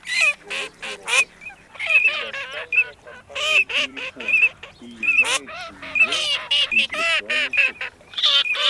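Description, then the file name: Eurasian teal calls: a busy run of short nasal, harmonic notes mixed with brief high whistled notes, in quick bursts. Recording made for an electronic decoy caller. "Чирок-свистунок Alzavola"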